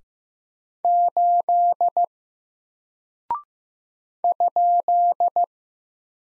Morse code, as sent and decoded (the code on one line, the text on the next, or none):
---.. / ..--..
8 ?